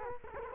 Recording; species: mosquito wingbeat signal from an infrared sensor; Culex quinquefasciatus